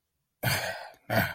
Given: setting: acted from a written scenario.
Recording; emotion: vocal sound without words; disappointment